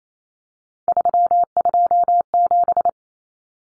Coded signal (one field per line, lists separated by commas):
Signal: Morse code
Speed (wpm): 28 wpm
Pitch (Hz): 700 Hz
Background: none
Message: 327